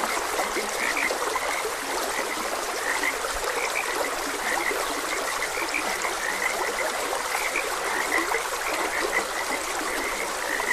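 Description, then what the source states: Chorus of frogs giving short repeated chirps and faint low croaks without pause, mixed with an even wash of running water. Frogs croaking beside a gentle stream; nature ambience.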